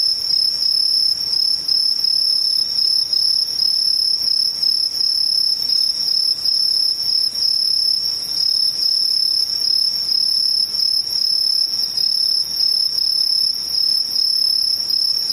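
Insects trill in a steady, unbroken high-pitched shimmer, a dense cricket-like chorus that holds level throughout with a faint low hiss underneath.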